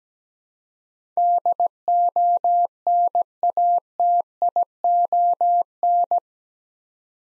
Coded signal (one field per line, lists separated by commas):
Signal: Morse code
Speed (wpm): 17 wpm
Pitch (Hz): 700 Hz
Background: none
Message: DONATION